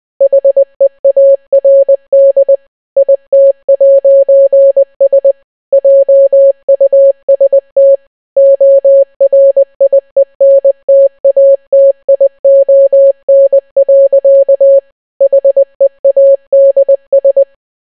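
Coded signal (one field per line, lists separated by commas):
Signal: Morse code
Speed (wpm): 20 wpm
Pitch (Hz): 550 Hz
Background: none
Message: HEARD IT'S JUST ORIENTATION. HEADS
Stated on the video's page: Entire Bee Movie script translated into Morse code.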